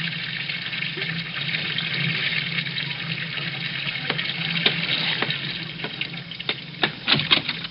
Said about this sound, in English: Ladies and gentlemen, let's go out to Jack Benny's home in Beverly Hills. It's morning, and Rochester is running the bath.